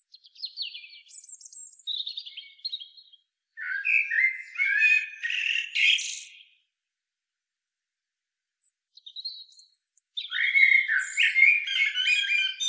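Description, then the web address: Common blackbird song: squeaky high notes and louder warbled phrases, in two bursts separated by a silent pause. "SETE Turdus merula"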